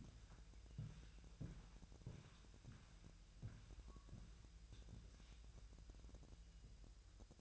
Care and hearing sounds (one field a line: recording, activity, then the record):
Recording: daily activity, microphone in the room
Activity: walk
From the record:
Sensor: 2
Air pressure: 1001.9 hPa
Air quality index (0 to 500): 230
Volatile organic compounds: 58 ppm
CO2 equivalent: 3393 ppm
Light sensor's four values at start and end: 7/16/6/7 and 6/15/6/7